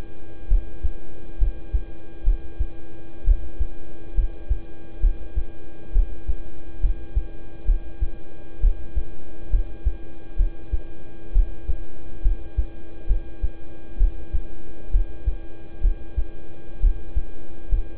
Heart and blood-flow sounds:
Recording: heart sounds by stethoscope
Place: between the tricuspid and mitral areas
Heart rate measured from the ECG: 66 bpm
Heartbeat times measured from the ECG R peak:
0.48 s: heartbeat
1.38 s: heartbeat
2.24 s: heartbeat
3.24 s: heartbeat
4.14 s: heartbeat
5.00 s: heartbeat
5.92 s: heartbeat
6.80 s: heartbeat
7.65 s: heartbeat
8.60 s: heartbeat
9.50 s: heartbeat
10.36 s: heartbeat
11.32 s: heartbeat
12.22 s: heartbeat
13.07 s: heartbeat
13.97 s: heartbeat
14.91 s: heartbeat
15.81 s: heartbeat
16.80 s: heartbeat
17.69 s: heartbeat
From the record:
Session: rest, lying down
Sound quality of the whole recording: good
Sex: male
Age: 26 years

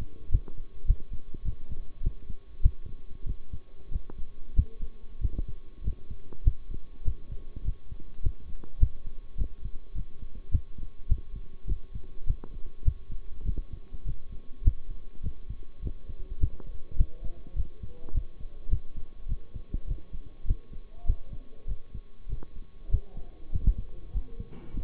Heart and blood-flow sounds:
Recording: heart sounds by stethoscope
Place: between the tricuspid and mitral areas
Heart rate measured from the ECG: 101 bpm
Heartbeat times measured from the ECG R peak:
0.31 s: heartbeat
0.87 s: heartbeat
1.44 s: heartbeat
2.02 s: heartbeat
2.62 s: heartbeat
3.26 s: heartbeat
3.91 s: heartbeat
4.55 s: heartbeat
5.21 s: heartbeat
5.83 s: heartbeat
6.44 s: heartbeat
7.04 s: heartbeat
7.64 s: heartbeat
8.22 s: heartbeat
8.80 s: heartbeat
9.37 s: heartbeat
9.94 s: heartbeat
10.51 s: heartbeat
11.08 s: heartbeat
11.67 s: heartbeat
12.26 s: heartbeat
12.84 s: heartbeat
13.45 s: heartbeat
14.05 s: heartbeat
14.64 s: heartbeat
15.23 s: heartbeat
15.82 s: heartbeat
16.40 s: heartbeat
16.97 s: heartbeat
17.55 s: heartbeat
18.13 s: heartbeat
18.70 s: heartbeat
19.28 s: heartbeat
19.87 s: heartbeat
20.46 s: heartbeat
21.06 s: heartbeat
21.67 s: heartbeat
22.28 s: heartbeat
22.90 s: heartbeat
23.51 s: heartbeat
24.12 s: heartbeat
24.73 s: heartbeat
From the record:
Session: bicycle stress test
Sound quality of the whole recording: good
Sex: male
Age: 23 years

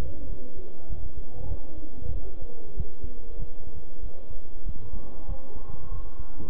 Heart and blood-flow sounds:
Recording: heart sounds by stethoscope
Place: between the tricuspid and mitral areas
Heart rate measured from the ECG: 96 bpm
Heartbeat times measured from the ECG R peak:
0.29 s: heartbeat
0.90 s: heartbeat
1.50 s: heartbeat
2.14 s: heartbeat
2.77 s: heartbeat
3.39 s: heartbeat
4.03 s: heartbeat
4.66 s: heartbeat
5.28 s: heartbeat
5.92 s: heartbeat
From the record:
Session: bicycle stress test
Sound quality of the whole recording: good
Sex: male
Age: 23 years

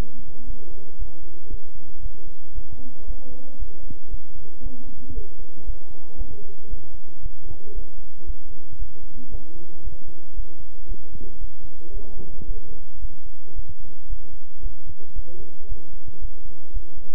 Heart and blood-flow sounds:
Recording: heart sounds by stethoscope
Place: between the tricuspid and mitral areas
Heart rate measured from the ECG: 114 bpm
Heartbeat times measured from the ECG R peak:
0.45 s: heartbeat
0.97 s: heartbeat
1.49 s: heartbeat
2.01 s: heartbeat
2.53 s: heartbeat
3.05 s: heartbeat
3.57 s: heartbeat
4.09 s: heartbeat
4.61 s: heartbeat
5.13 s: heartbeat
5.65 s: heartbeat
6.16 s: heartbeat
6.68 s: heartbeat
7.21 s: heartbeat
7.73 s: heartbeat
8.25 s: heartbeat
8.77 s: heartbeat
9.30 s: heartbeat
9.82 s: heartbeat
10.34 s: heartbeat
10.87 s: heartbeat
11.39 s: heartbeat
11.92 s: heartbeat
12.45 s: heartbeat
13.00 s: heartbeat
13.54 s: heartbeat
14.07 s: heartbeat
14.61 s: heartbeat
15.14 s: heartbeat
15.67 s: heartbeat
16.19 s: heartbeat
16.72 s: heartbeat
From the record:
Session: bicycle stress test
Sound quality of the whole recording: good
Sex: male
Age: 26 years

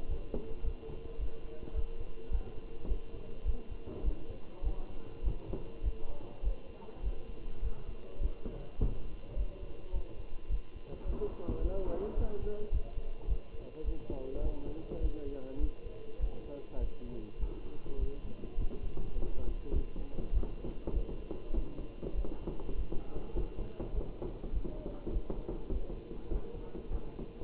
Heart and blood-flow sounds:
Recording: heart sounds by stethoscope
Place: between the tricuspid and mitral areas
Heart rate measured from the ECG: 103 bpm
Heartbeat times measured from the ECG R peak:
0.10 s: heartbeat
0.65 s: heartbeat
1.21 s: heartbeat
1.76 s: heartbeat
2.32 s: heartbeat
2.89 s: heartbeat
3.47 s: heartbeat
4.05 s: heartbeat
4.65 s: heartbeat
5.25 s: heartbeat
5.85 s: heartbeat
6.44 s: heartbeat
7.05 s: heartbeat
7.63 s: heartbeat
8.22 s: heartbeat
8.80 s: heartbeat
9.38 s: heartbeat
9.95 s: heartbeat
10.51 s: heartbeat
11.07 s: heartbeat
11.63 s: heartbeat
12.18 s: heartbeat
12.73 s: heartbeat
13.29 s: heartbeat
13.86 s: heartbeat
14.44 s: heartbeat
15.02 s: heartbeat
15.61 s: heartbeat
16.21 s: heartbeat
16.81 s: heartbeat
17.41 s: heartbeat
18.00 s: heartbeat
18.59 s: heartbeat
19.16 s: heartbeat
19.74 s: heartbeat
20.34 s: heartbeat
20.95 s: heartbeat
21.55 s: heartbeat
22.16 s: heartbeat
22.76 s: heartbeat
23.36 s: heartbeat
23.95 s: heartbeat
24.54 s: heartbeat
25.14 s: heartbeat
25.73 s: heartbeat
26.32 s: heartbeat
26.92 s: heartbeat
From the record:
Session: Bruce protocol treadmill stress test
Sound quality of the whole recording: good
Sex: male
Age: 27 years

